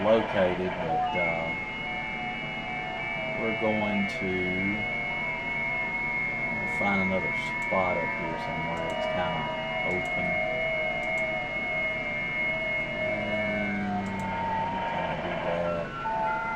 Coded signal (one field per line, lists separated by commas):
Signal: FT8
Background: speech